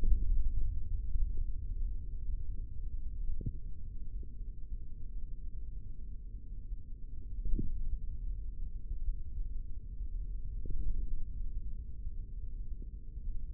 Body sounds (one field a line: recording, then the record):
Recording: forearm muscle sounds (acoustic myography)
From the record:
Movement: tripod grip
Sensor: system 3, bracelet of six PUI Audio POM-2738L microphones around the upper forearm, with dedicated amplification and filtering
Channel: 3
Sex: male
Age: 25 years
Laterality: right